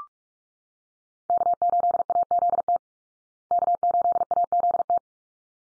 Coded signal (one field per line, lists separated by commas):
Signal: Morse code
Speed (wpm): 44 wpm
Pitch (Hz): 700 Hz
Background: none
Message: K8AZT K8AZT